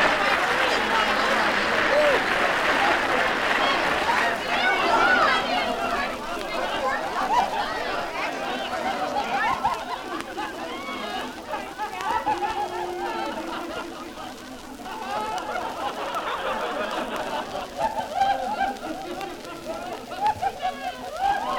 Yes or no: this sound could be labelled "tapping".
no